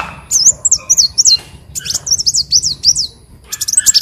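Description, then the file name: Leafbird song of high, thin, wavering whistled notes in quick runs, with short pauses between runs. "Tieng chim xanh tim"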